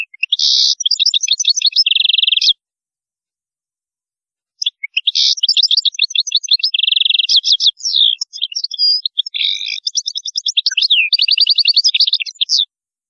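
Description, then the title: European goldfinch song: long, rambling twitter of quick tinkling notes mixed with buzzy rattling trills, in two bursts split by a short silence. "Chant Chardonneret"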